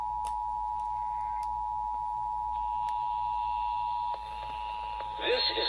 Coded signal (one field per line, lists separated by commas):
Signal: Emergency Alert System (SAME) tones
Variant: 853 and 960 Hz attention tone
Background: speech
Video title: Emergency Alert System EAS Required Monthly Test Minnesota Statewide WCCO-AM KNOW-FM and KDWB-FM